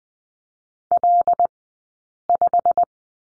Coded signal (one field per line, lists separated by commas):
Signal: Morse code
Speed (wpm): 20 wpm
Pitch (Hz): 700 Hz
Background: none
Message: L5